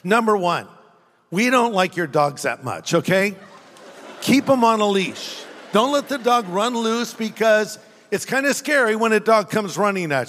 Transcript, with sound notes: Number one, we don't like your dogs that much, okay? [Laughter] Keep them on a leash. Don't let the dog run loose because it's kind of scary when a dog comes running at you.